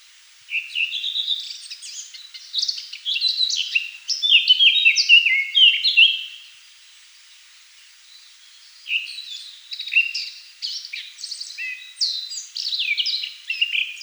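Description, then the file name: Eurasian blackcap song: rich, varied warbling phrases of quick, high notes, one long bout of about six seconds, a pause, then another bout. "Slavka chernogolovaja"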